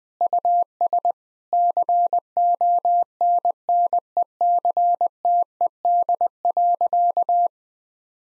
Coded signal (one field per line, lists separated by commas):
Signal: Morse code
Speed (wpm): 20 wpm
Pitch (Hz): 700 Hz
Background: none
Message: US CONNECTED.